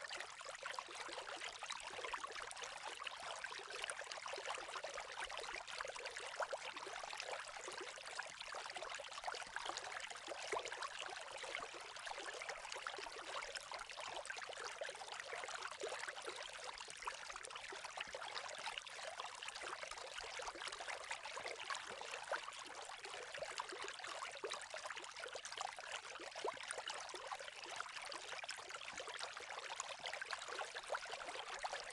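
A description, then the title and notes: Water runs steadily for the whole stretch, a dense hiss and splash like a stream or pouring flow. The sound is bright and crackling, with little low rumble, and its level stays even from start to finish without distinct separate events. Water Sounds.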